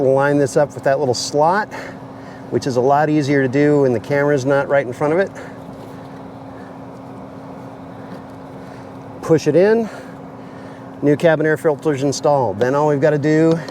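Someone talks while a new cabin air filter for a 2022 Chevy Bolt EV is lined up with its filter housing slot behind the glove box before being pushed in, over a steady low hum. Nothing has seated or clicked yet.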